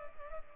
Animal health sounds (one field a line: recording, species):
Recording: mosquito wingbeat signal from an infrared sensor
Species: Culex pipiens